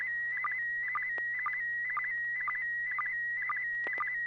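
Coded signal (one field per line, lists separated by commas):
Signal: SSTV (slow-scan television)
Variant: PD120 mode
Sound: steady high warbling tone broken by regular short low chirps, about two each second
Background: low hum, occasional clicks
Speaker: well I didn't expect to be first but let's give this a shot this should be PD 120 if everything works right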